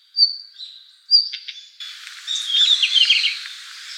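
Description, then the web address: Red-flanked bluetail calls: two thin high whistled notes, then a burst of scratchy, twittering notes filling the second half. 17 November 2014. "birdenaga ruribitaki 141117"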